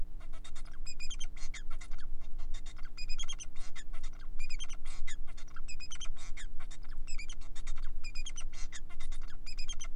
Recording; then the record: song of a male Bengalese finch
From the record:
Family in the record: son of father 4